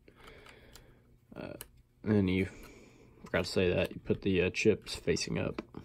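An SD memory card, contacts facing up, is handled at the card slot of a Stealth Cam QS12X trail camera, with faint small ticks near 0.1, 0.3, 0.5 and 0.8 s while someone talks. The card has not yet been pushed home, so nothing has seated or clicked yet.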